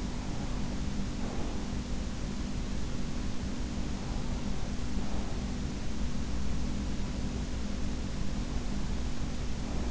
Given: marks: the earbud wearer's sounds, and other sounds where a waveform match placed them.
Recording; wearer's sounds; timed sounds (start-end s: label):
sounds in sleep by an in-ear microphone; breath
0.00-1.90 s: breath